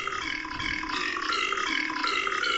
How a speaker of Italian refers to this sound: Esatto, quindi ho un pianoforte ruttatore. Oh, fantastico. Quindi dopo l'ascoltiamo.